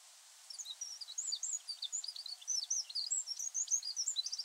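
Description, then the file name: Eurasian wren song: a fast, continuous stream of high, sharp chirps and trills. "Troglodytes troglodytes"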